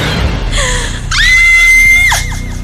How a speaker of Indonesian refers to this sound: Refleks aku pun berteriak. Aku berteriak sambil menutup wajah dengan kedua tanganku karena aku tidak ingin melihatnya lagi.